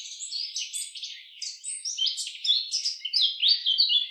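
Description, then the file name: Eurasian blackcap delivering a continuous lively warble, high chirps and slurred notes tumbling quickly one after another. "Sylvia atricapilla"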